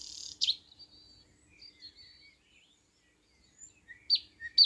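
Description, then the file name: Thrush nightingale calls: an opening hiss and loud chip, soft warbled notes in the middle, then several loud sharp notes close together at the end. "thrush nightingale - luscinia luscinia"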